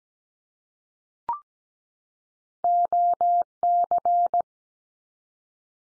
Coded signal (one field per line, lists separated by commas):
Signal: Morse code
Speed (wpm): 17 wpm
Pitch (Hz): 700 Hz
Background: none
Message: OC